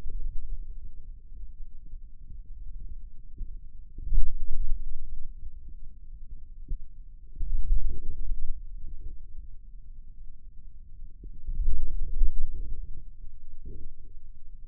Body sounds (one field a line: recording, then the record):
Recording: forearm muscle sounds (acoustic myography)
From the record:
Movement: ulnar deviation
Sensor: system 2, bracelet of six BSWA MPA416 microphones around the upper forearm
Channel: 6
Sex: male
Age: 22 years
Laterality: right